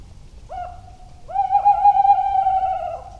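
Tawny owl hooting: a brief 'hoo', then a long, steady, quavering hoot that wavers in pitch, over faint low background noise.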